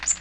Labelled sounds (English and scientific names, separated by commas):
Magnolia Warbler (Setophaga magnolia) flight call